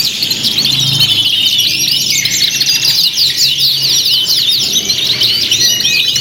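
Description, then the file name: A chorus of canary song, bright high twittering and rolled trills overlapping continuously for the whole stretch. Simulated canary singing contest with filler (isian) tutor songs, from Om Kicau, uploaded October 2013. "audio simulasi lomba kenari isian. omkicau"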